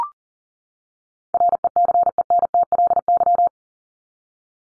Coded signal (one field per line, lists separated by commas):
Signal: Morse code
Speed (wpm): 40 wpm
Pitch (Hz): 700 Hz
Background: none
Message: RECENTLY